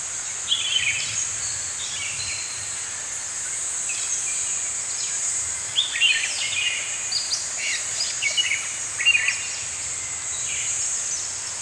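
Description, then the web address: Several birds singing, with short whistled and chirping phrases repeating irregularly throughout, over a constant high-pitched hiss like insects. Several birds singing in the morning in a forest. "Dr Sound Effects. Morning Birds Singing In a Forest"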